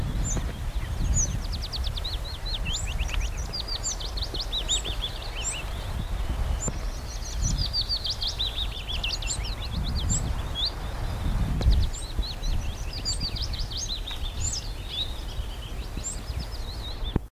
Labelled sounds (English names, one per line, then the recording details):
Willow Warbler call
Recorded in the wild
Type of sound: call
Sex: female
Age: adult
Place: Steinhuder Meer, Niedersachsen, DE
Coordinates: 52.4734, 9.33772
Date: 1973-05-01
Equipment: Halbspur, 9,5 cm/s
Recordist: Lütgens, Hans
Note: Weibchen offenbar geschlechtlich erregt